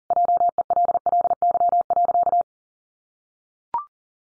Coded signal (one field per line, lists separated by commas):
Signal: Morse code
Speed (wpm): 40 wpm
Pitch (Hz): 700 Hz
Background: none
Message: JELLY.